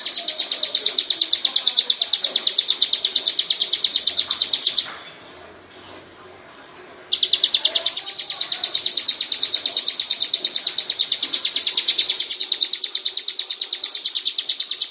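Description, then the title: Lovebird pouring out shrill rapid ngekek notes, several per second, pausing for roughly two seconds midway, then resuming the same long chattering run. Lovebird performing a long ngekek song. "Lovebird Ngekek Panjang Ciblek"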